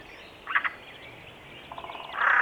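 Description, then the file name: Eurasian jay harsh screeching calls, a short rasping double burst, then a longer, louder grating screech at the end, with quiet background noise. "Garrulus glandarius"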